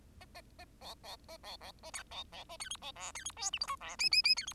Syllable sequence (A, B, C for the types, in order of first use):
A A A B B A B B A C B B A C D B E C D F G H I E J J J C D